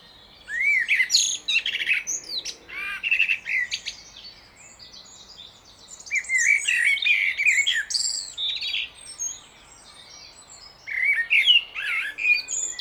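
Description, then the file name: Common blackbird song in three bursts: mellow, looping whistles tangled with sharp, high twittering notes, separated by brief pauses. "Turdus merula"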